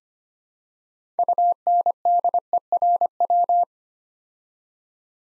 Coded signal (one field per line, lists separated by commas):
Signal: Morse code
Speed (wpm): 25 wpm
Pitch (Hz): 700 Hz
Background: none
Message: UNDERW